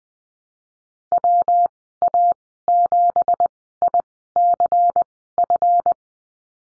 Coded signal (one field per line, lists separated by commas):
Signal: Morse code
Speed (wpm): 20 wpm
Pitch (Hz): 700 Hz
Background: none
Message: WA7ICF